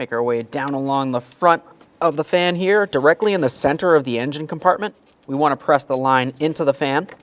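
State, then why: Not seated. During radiator replacement on a 2013-2020 Ford Fusion 2.0L L4, a line is handled at the front center of the engine compartment, about to be pressed into its retainer clip on the fan shroud. Someone talks throughout. Nothing has seated or clicked yet.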